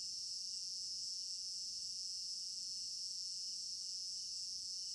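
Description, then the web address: Crickets giving a constant high, pulsing chirp chorus with no gaps, over a quiet low background. Recorded at night in an African village garden; stereo binaural recording. "African-Village Garden Night Crickets 03 Stereo-Binaural. immersive sound library"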